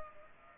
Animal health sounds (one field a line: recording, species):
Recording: mosquito wingbeat signal from an infrared sensor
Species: Culex pipiens